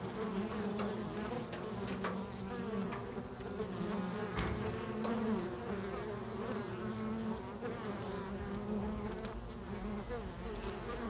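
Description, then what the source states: Bee buzz, a low humming drone with brief swells, throughout. Several bees recorded in a field.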